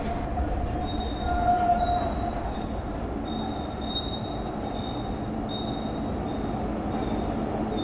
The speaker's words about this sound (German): Hier befand sich 2020 eine vielbefahrene Straße. Jetzt sind die ganzen Autos verschwunden und es fährt nun eine U-Bahn.